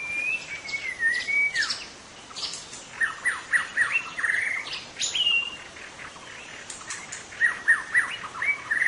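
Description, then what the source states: White-rumped shama song mixing long drawn whistles, rapid repeated slurred notes and sharp high strokes, with short quiet gaps between phrases. Wild bird in forest; local name murai batu hutan.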